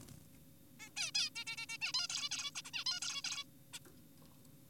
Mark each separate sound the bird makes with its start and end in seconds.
0.80-0.90, 0.97-1.11, 1.15-1.30, 1.36-1.44, 1.47-1.56, 1.58-1.66, 1.69-1.78, 1.82-1.92, 1.94-2.08, 2.10-2.29, 2.31-2.51, 2.56-2.62, 2.65-2.71, 2.74-2.84, 2.86-3.00, 3.02-3.22, 3.24-3.44, 3.74-3.79